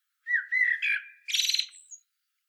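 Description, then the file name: Common blackbird song: a short fluty whistled phrase ending in a thin, squeaky high twitter. "Turdus merula"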